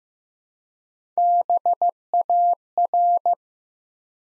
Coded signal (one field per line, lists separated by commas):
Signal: Morse code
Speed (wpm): 15 wpm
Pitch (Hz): 700 Hz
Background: none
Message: BAR